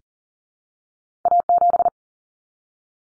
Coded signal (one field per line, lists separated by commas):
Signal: Morse code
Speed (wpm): 40 wpm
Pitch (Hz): 700 Hz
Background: none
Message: A7